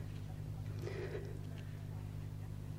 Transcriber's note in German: zittrige Atemzüge